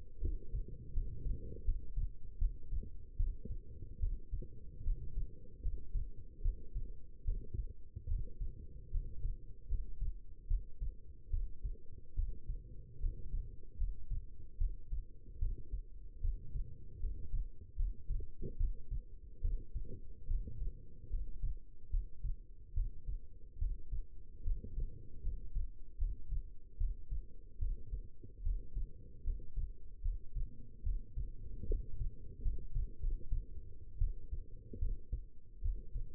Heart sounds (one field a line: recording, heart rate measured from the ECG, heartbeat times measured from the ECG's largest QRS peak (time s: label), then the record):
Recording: heart sounds by stethoscope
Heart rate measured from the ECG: 75 bpm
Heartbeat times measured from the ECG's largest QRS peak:
0.20 s: heartbeat
0.93 s: heartbeat
1.64 s: heartbeat
2.38 s: heartbeat
3.16 s: heartbeat
3.99 s: heartbeat
4.83 s: heartbeat
5.62 s: heartbeat
6.41 s: heartbeat
7.24 s: heartbeat
8.07 s: heartbeat
8.91 s: heartbeat
9.68 s: heartbeat
10.47 s: heartbeat
11.30 s: heartbeat
12.15 s: heartbeat
12.99 s: heartbeat
13.77 s: heartbeat
14.57 s: heartbeat
15.38 s: heartbeat
16.20 s: heartbeat
16.99 s: heartbeat
17.76 s: heartbeat
18.57 s: heartbeat
19.41 s: heartbeat
20.27 s: heartbeat
21.09 s: heartbeat
21.90 s: heartbeat
22.73 s: heartbeat
23.58 s: heartbeat
24.43 s: heartbeat
25.22 s: heartbeat
25.97 s: heartbeat
26.77 s: heartbeat
27.58 s: heartbeat
28.42 s: heartbeat
29.23 s: heartbeat
30.01 s: heartbeat
30.82 s: heartbeat
31.66 s: heartbeat
32.41 s: heartbeat
33.00 s: heartbeat
33.98 s: heartbeat
34.78 s: heartbeat
35.61 s: heartbeat
From the record:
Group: healthy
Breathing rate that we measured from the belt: 15 breaths a minute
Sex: female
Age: 22 years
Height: 171 cm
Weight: 65.6 kg